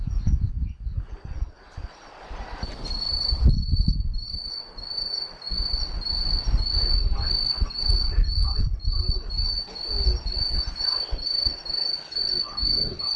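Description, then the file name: Green tree cricket: after a few seconds, high bell-like pulses begin and repeat steadily about twice a second, above a persistent low rumble. "aomatumushi"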